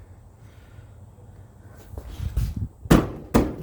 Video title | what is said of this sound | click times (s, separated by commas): Samsung Dryer Not Heating? How to Fix It Fast! (DV42H5200EP) | hear it pop in there once it popped in you | 2.9 s